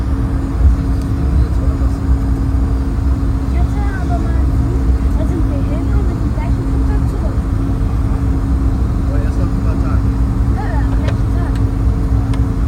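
Inside an airliner in flight, the engines hold a steady, dense low roar with a constant hum running through it. Faint voices murmur underneath throughout, and a few light clicks and small rattles surface now and then.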